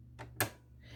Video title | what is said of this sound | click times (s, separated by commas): The Lia Sewing Machine Part 2 | and it will snap right into position | 0.4 s